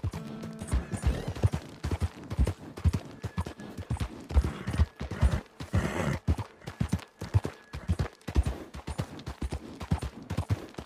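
A horse's hooves clip-clop in a quick, steady rhythm, each strike a sharp knock that repeats several times a second across the whole eleven seconds. Between the hoofbeats there is a constant low rustle and rattle, with a brief brighter swell around six seconds.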